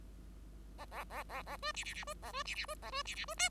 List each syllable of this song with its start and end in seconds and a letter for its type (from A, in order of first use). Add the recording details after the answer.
0.78-0.85 A, 0.91-1.04 A, 1.10-1.23 A, 1.29-1.42 A, 1.46-1.56 A, 1.62-1.72 B, 1.74-1.84 C, 1.84-1.94 C, 1.94-2.04 C, 2.07-2.14 B, 2.22-2.32 A, 2.33-2.43 B, 2.45-2.55 C, 2.55-2.65 C, 2.68-2.75 B, 2.82-2.90 A, 2.92-3.02 B, 3.05-3.15 C, 3.15-3.25 C, 3.27-3.34 B, 3.37-3.49 D. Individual Bird5